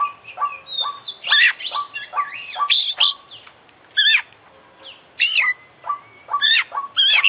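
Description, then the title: Oriental magpie-robin singing loudly and continuously: varied whistled phrases, rising and falling slurs and rapid chirps, with a few short breaks. Champion bird from an Indonesian songbird contest, international winner; full isian (fill-in song material) used for training; described as gacor, singing constantly. "Kicau Mania - Full Isian Juara Internasional Burung KACER Gacor"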